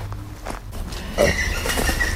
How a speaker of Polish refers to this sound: O, to był dzięcioł. Dzięcioł duży albo dzięcioł zielony.